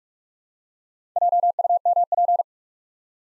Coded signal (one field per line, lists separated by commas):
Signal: Morse code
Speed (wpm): 44 wpm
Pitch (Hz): 700 Hz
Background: none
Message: JUMP